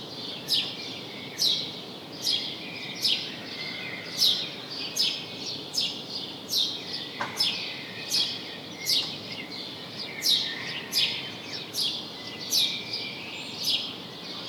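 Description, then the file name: House sparrow giving a long series of loud, clipped chirps, a little more than one per second, over a light hiss. "Passer domesticus"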